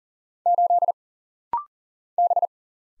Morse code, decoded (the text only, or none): 8 B